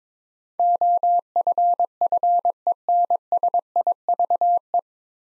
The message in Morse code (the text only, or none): OFFENSIVE